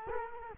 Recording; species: mosquito wingbeat signal from an infrared sensor; Culex quinquefasciatus